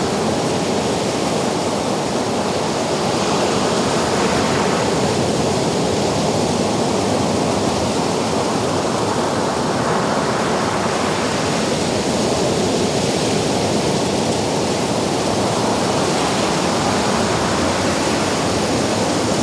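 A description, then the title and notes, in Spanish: Distant waves on a windy winter morning come through as a dense, steady wash of noise with no quiet gaps. Slow swells in the upper hiss rise and fall every few seconds, like surf rolling in, over a constant low rumble of wind. Olas Distantes en una Mañana Ventosa de Invierno. Experimenta la fresca atmósfera de una mañana de invierno en una playa solitaria. Al fondo, el rugido sutil del océano lejano se combina con el avance gradual de la marea.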